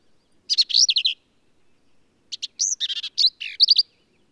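Black-capped vireo singing two rapid, varied phrases of chattering, slurred and buzzy notes separated by a pause of over a second.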